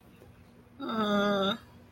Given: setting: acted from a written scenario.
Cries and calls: vocal sound without words; guilt

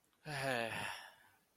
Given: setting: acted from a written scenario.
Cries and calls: vocal sound without words; elation

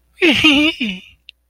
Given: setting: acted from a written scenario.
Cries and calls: vocal sound without words; romantic love

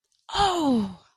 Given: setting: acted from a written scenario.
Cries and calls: vocal sound without words; realization

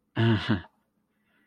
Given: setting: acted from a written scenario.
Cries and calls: vocal sound without words; embarrassment

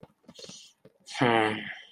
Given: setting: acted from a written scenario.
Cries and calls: vocal sound without words; contentment

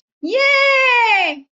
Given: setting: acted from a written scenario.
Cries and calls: vocal sound without words; triumph

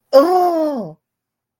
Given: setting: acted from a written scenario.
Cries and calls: vocal sound without words; pain

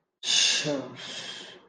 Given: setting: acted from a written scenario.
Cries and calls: vocal sound without words; embarrassment

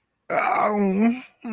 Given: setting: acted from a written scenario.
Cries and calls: vocal sound without words; guilt

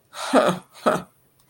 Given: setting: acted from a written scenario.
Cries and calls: vocal sound without words; contempt

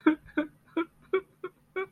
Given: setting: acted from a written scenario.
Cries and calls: vocal sound without words; sadness

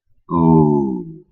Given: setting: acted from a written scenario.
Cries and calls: vocal sound without words; serenity

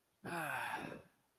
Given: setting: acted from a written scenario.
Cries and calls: vocal sound without words; serenity

